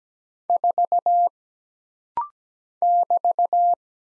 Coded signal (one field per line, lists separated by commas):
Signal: Morse code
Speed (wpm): 17 wpm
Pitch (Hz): 700 Hz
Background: none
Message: 4 <BT>